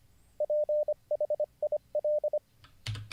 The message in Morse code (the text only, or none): PHIL